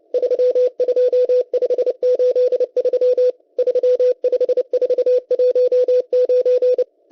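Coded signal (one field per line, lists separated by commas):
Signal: Morse code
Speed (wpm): 30 wpm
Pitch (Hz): 500 Hz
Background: none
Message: 32583 35419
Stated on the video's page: Russian M12 number station sending Morse numbers on 11139 kHz, received via KiwiSDR.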